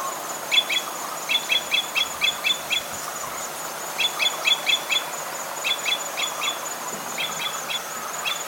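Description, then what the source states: Red crossbill calls, sharp metallic kip notes given singly and in quick runs of several, with short pauses between bursts, over a steady hiss of background noise. Red crossbill of call type E.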